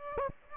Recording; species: mosquito wingbeat signal from an infrared sensor; Aedes aegypti